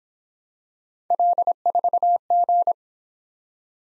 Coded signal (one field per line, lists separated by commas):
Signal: Morse code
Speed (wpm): 26 wpm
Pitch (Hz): 700 Hz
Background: none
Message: L4G